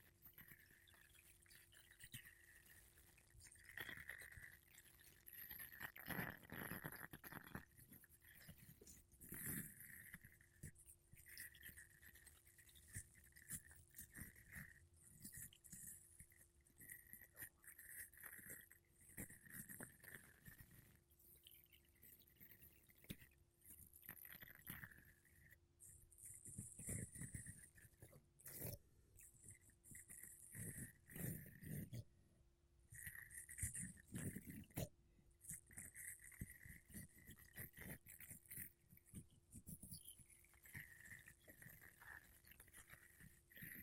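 Makeup brushes and a sponge are rubbed across a microphone in a continuous run of soft scratchy swishes, with louder sweeping bursts every few seconds. A steady low hum and a faint bright whine sit underneath throughout.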